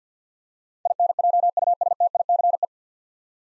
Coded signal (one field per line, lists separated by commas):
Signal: Morse code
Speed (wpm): 50 wpm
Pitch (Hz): 700 Hz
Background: none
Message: INJUSTICE